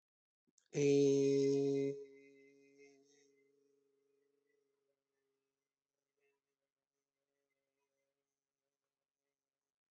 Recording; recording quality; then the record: sustained vowel as in made; excellent, no background noise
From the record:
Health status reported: healthy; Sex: male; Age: 22 years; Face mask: not worn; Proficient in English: yes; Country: India